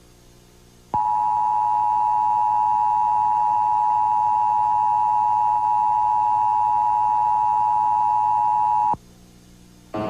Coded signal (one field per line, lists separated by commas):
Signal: Emergency Alert System (SAME) tones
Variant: 853 and 960 Hz attention tone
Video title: [REMAKE] KETV EAS Required Monthly Test (January 1st, 1998)